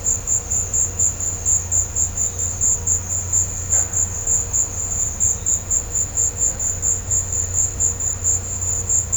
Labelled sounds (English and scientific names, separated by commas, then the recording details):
none
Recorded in pastures near Puerto Asís, Putumayo, Colombia, on 20 December 2024 at 16:00
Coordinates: 0.502, -76.324
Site G077